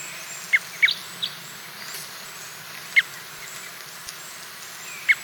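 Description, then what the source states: Red crossbill giving clipped, downward-slurred call notes at irregular intervals, a couple close together early, then single notes, with faint high chips and background hiss. Red crossbill of call type N.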